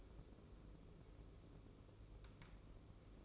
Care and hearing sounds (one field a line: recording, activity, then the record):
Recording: daily activity, microphone in the room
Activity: take from stove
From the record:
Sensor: 1